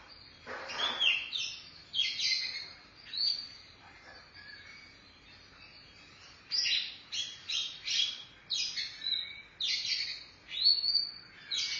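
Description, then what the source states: Oriental magpie-robin song: varied bursts of harsh, buzzy and whistled high notes in irregular phrases, with short pauses between groups. Chirping song (kicauan) of the bird.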